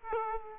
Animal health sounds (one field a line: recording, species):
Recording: mosquito wingbeat signal from an infrared sensor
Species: Aedes aegypti